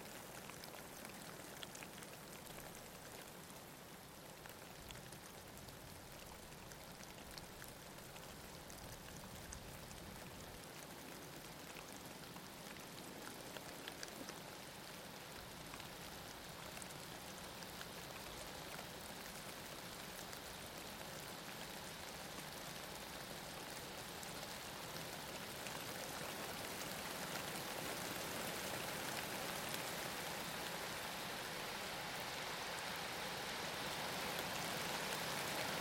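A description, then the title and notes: Dense, steady rain pours down in a thunderstorm, with a constant patter of drops and a low, rushing wind underneath. The downpour builds gradually, growing louder and hissier over the last ten seconds. Thunderstorm and heavy wind on the roof of Africa.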